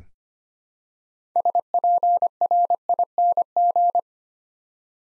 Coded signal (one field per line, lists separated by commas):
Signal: Morse code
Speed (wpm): 25 wpm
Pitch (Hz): 700 Hz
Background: none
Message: SPRING